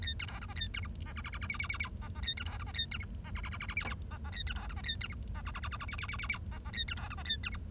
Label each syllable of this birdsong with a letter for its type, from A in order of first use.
A B C D E A B F E G G G G H H H H E E A B C D E A B F E G G G G G H H E E A B C D E A B F E G G G G G H H H H H E E A B C D E A B F